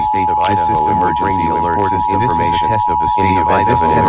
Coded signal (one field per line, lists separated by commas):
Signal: Emergency Alert System (SAME) tones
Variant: 853 and 960 Hz attention tone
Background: speech